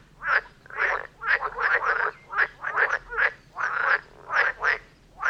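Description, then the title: Frog chorus of loud harsh croaks, repeated rapidly and often overlapping in pairs and clusters, with brief pauses between bursts. Chorus of frogs near Vellerner Brook in Neubeckum, recorded at 2pm in stereo. "Frog concert near Vellerner Brook in Neubeckum - 2pm"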